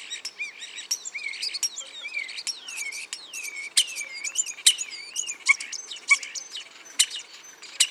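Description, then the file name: Common starling singing rambling whistled slurs that dip and rise, mixed with crackling clicks and scratchy high notes throughout. "Spreeuw"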